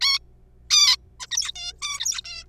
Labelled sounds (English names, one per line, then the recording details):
Zebra Finch
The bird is a juvenile
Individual R3428